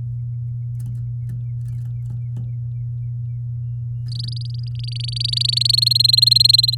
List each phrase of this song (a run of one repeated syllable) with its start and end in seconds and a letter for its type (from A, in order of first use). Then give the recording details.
4.08-5.80 A, 5.82-6.75 B. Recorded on 8 May 2018 at 10:08. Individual llb16